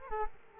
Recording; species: mosquito wingbeat signal from an infrared sensor; Culex quinquefasciatus